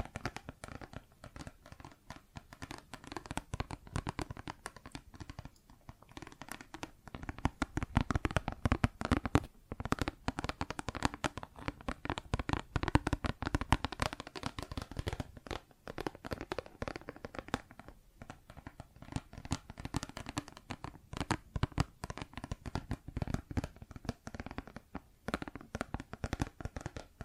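Plastic objects are tapped and scratched in a dense, restless stream of quick clicks and scrapes, with a few brief pauses throughout.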